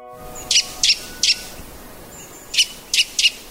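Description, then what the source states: Eurasian nuthatch giving sharp, bright call notes, spaced singly and in loose pairs with pauses between, over a quiet, steady background hiss. White-bellied form known locally as shirohara-gojūkara, on a forest road along the Sarurugawa river in Hokkaido, Japan.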